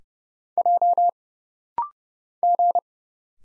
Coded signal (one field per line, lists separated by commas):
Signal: Morse code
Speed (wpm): 30 wpm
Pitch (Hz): 700 Hz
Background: none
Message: J G